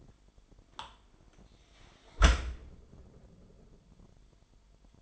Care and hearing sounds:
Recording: daily activity, microphone in the room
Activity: close dishwasher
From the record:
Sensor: 5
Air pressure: 998.4 hPa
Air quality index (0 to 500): 84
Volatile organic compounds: 1 ppm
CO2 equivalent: 958 ppm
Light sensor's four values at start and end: 21/49/20/23 and 20/48/20/22

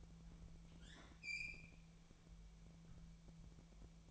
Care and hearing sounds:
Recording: daily activity, microphone in the room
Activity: open fridge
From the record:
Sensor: 1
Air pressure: 1000.0 hPa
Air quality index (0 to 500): 136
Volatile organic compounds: 2 ppm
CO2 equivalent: 1281 ppm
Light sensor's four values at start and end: 35/89/37/45 and 35/88/37/45

